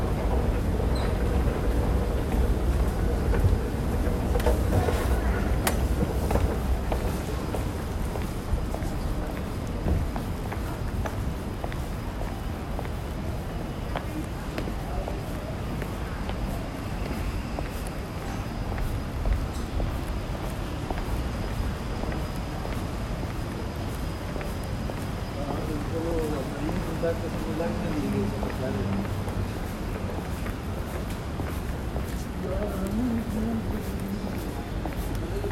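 Footsteps move along a windy city street, with a constant low roar of wind and traffic filling the background. Voices pass, most clearly in the second half, and occasional sharp clicks and knocks break through. The level stays fairly steady throughout.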